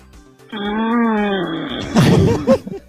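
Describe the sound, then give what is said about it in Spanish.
A voice imitates loud snoring: a drawn-out, moaning groan followed by a harsh, rasping snort with rough, breathy bursts, all without any speech. “Escuchabas un ronquido que quizás escuchaste alguna vez o te juntaste en algún lado.”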